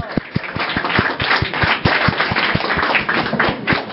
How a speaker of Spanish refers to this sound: Y un aplauso por favor para Lucero Balcázar.